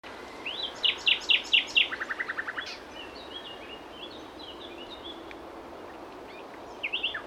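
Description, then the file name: Common nightingale song: a run of loud repeated notes that turns into a rapid lower trill, followed by soft scattered notes and a brief burst of repeated notes near the end. "Luscinia megarhynchos"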